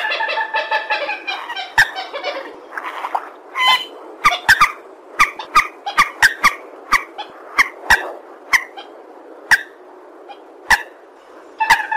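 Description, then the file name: Purple swamphen calling with harsh, nasal honks, then scattered short cackling notes mixed with sharp clicking sounds. "tieng trich re keu"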